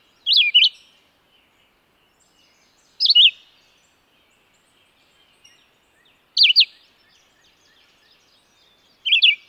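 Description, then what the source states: Bird singing short, bright warbled phrases that twist up and down, four phrases about three seconds apart with quiet gaps between. Described as a melodious trill.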